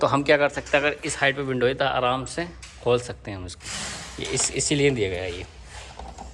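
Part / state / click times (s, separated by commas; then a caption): lock on an aluminium casement window / not seated / none. Someone talks while handling the lock on an aluminium casement window as it is being closed and locked; the lock used to stop partway before. Two faint, brief knocks are heard near the very end, but nothing has seated or clicked yet, as the clip ends just before the lock goes fully home.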